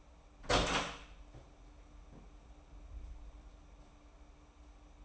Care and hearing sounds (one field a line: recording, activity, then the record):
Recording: daily activity, microphone in the room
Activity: open door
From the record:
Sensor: 1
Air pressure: 994.3 hPa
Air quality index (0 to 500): 213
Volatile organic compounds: 1000 ppm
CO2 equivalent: 7664 ppm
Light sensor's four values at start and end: 85/191/85/92 and 85/190/85/92